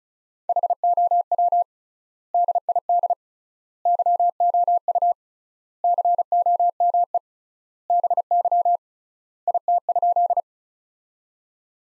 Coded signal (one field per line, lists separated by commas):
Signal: Morse code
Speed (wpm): 36 wpm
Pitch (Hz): 700 Hz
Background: none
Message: HOW DID YOU COME BY IT?